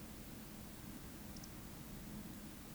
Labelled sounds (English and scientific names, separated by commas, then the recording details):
Eurasian Woodcock (Scolopax rusticola) whistle
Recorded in Baden-Württemberg, Germany, on 14 May 2021 at 19:45 UTC
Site 25175, 602 m above sea level